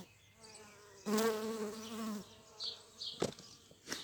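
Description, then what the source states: Bee buzzing past, a sudden droning hum lasting about a second, followed by faint clicks and soft rustling. Flight sounds of bumblebees and bees in the local area, date code 220507.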